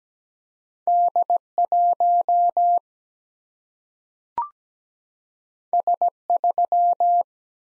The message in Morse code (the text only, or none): D 1 S 3